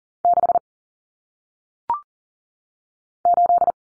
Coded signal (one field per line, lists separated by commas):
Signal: Morse code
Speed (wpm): 38 wpm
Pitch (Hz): 700 Hz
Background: none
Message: 6 8